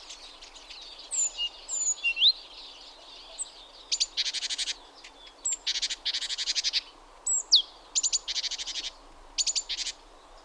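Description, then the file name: Great tit calls: repeated harsh buzzy churring bursts mixed with thin high whistled and upslurred notes, continuing throughout. "Parus major"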